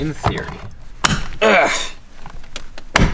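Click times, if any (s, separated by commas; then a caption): 3.0 s. A removed part is pushed back into its housing while someone talks, with a strained effort at the start. After a few faint knocks, a second push drives the tight-fitting part home with a loud, sharp hit at 3.0 s, and it seats.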